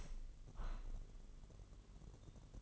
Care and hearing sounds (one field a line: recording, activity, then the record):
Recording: daily activity, microphone in the room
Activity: open window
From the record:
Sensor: 4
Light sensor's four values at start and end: 17/42/17/19 and 17/42/17/19